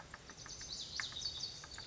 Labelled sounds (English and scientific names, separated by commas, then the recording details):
Lazuli Bunting (Passerina amoena)
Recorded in Sonoma County, California